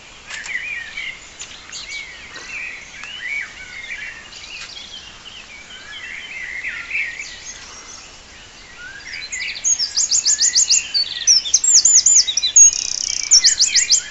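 Birds calling, several overlapping chirps and warbled phrases at mid-high pitch, then a loud series of rapid, very high repeated notes in the last few seconds.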